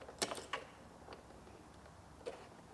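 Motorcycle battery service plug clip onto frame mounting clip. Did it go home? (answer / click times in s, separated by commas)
no / none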